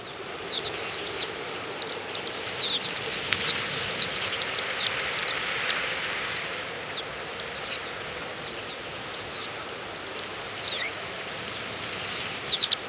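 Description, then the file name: Horned lark flock calls: many overlapping high chips and twitters, busiest early on, then thinning, over a steady background hiss. "holaflok"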